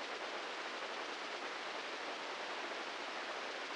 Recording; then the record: brain microelectrode recording played as sound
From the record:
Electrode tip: inside the subthalamic nucleus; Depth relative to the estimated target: -2 mm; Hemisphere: right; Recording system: NeuroSet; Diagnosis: Parkinson's disease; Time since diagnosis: 15 years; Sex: male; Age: 65 years